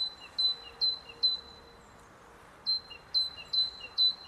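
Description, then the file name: Great tit giving quick repeated two-part notes, high then lower, in two bursts separated by a brief pause, over a soft background hiss. "Parus major"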